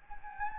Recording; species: mosquito wingbeat signal from an infrared sensor; Anopheles gambiae